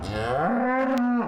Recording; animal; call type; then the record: contact call of a hoofed animal; cattle; low-frequency (closed-mouth) or high-frequency (open-mouth) call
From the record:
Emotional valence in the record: negative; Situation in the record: full separation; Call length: 1.28 s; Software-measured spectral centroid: 1530 Hz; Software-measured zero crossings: 1260 a second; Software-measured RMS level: -24 dBFS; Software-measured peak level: -14 dBFS